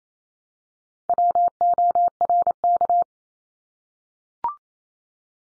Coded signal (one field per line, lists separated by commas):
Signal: Morse code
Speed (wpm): 28 wpm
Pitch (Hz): 700 Hz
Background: none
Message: WORK